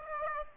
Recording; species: mosquito wingbeat signal from an infrared sensor; Aedes aegypti